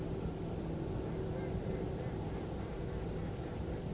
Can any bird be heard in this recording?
yes